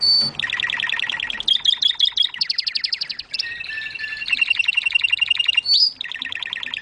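Canary singing varied fast trills and rattling rolls, each phrase shifting pitch, with sharp high notes between sections.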